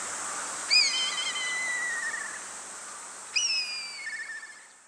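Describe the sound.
Bird calls: two whistled notes about two and a half seconds apart, each starting sharply and sliding gently downward, over a constant high-pitched hiss.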